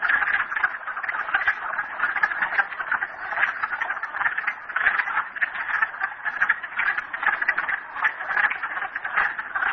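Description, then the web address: Frogs producing a thick, unbroken chorus of rattling trills that swells and pulses throughout. Frogs at Merryspring. "audio frogs merryspring 42008"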